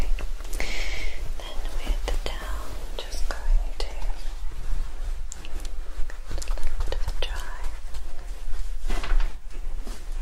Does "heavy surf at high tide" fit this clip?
no